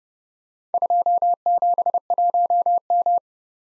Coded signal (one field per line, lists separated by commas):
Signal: Morse code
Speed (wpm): 30 wpm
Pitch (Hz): 700 Hz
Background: none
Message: 271M